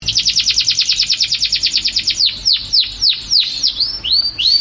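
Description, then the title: Canary singing a fast high trill that slows into separate down-slurred notes, ending in two rising-falling whistled phrases. Song of a champion canary. "Kicau Burung Kenari Juara"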